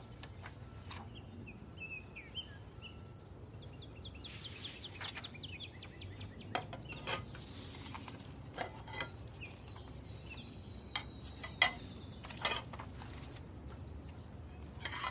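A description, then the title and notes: Summer kitchen sounds: a steady low hum and bright high whine, broken by sharp clicks and clinks every second or two, with faint chirps. Summer kitchen white noise has the sound of cooking and baking.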